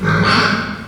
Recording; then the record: squeal of a Yucatan mini pig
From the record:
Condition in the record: after surgery on the right vocal fold (resection and tissue-engineered implant); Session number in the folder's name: 15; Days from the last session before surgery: 175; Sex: female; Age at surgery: 19 weeks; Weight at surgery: 25 kg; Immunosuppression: prednisolone